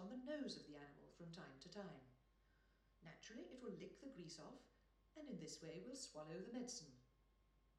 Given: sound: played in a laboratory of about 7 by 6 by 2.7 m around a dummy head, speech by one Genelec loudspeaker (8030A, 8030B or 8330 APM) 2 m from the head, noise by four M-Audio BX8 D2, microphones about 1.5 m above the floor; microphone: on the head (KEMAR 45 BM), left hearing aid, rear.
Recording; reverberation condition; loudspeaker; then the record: female speech in English; medium; 150 degrees to the left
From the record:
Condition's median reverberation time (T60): about 510 ms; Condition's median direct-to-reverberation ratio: about -0.5 dB